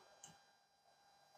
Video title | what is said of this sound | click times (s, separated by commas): Sourcing Rear Wiper Blade for my 2016 Jeep Cherokee | And then turn it back until it clicks. | 0.2 s